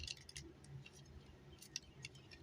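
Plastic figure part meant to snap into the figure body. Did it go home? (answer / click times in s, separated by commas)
no / none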